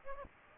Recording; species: mosquito wingbeat signal from an infrared sensor; Aedes aegypti